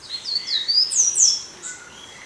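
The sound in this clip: Bird uttering a quick burst of thin, very high squeaky notes that slur downward, four or five in a row, fading out afterward.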